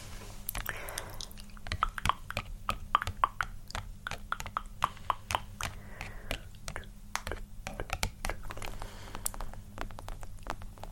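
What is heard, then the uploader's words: Dry tapping and small clicks arrive in an irregular, fairly dense stream across the whole clip, layered with soft wet mouth sounds and brief scratchy strokes. A low steady hum runs underneath, and a faint airy tone rises briefly around the second and sixth seconds. ASMR Personal Attention For EXTREME Tingles Tapping, Scratching, Layered, Mouth Sounds.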